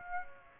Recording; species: mosquito wingbeat signal from an infrared sensor; Aedes aegypti